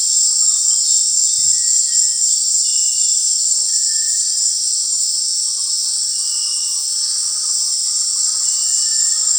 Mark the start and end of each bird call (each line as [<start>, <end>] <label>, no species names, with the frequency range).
[0.00, 1.03] bird call (0.5-1.7 kHz)
[5.38, 9.38] bird call (0.2-1.6 kHz)